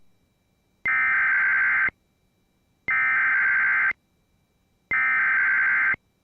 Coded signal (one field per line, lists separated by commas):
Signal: Emergency Alert System (SAME) tones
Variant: header bursts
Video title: HELLO 2022! | EAS Alerts from 1/9/2022 (EAS #912-922)